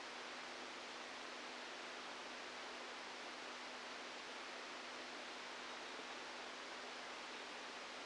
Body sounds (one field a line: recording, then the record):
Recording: brain microelectrode recording played as sound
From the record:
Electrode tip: inside the subthalamic nucleus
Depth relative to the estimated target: -2 mm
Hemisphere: left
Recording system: NeuroSet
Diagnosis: Parkinson's disease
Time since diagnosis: 17 years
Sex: male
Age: 64 years